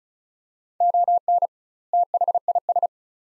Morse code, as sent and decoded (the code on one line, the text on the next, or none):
--- -. / - .... .. ...
ON THIS